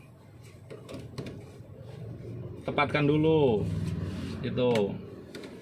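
A car seat belt tongue is lined up and pushed toward its buckle, with soft taps and rattles around 0.7–1.3 s and again near 5.4 s while someone talks. Nothing has clicked or seated yet by the end of the clip.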